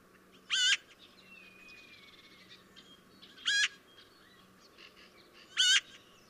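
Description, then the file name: Eurasian magpie harsh chattering calls, three loud rasping bursts a few seconds apart, with faint high bird calls and a thin whistle between them. "Pica pica"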